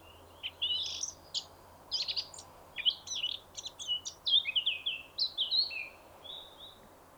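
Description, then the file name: Eurasian blackcap singing a jumbled warble of high chirps and short whistles. "Sylvia atricapilla"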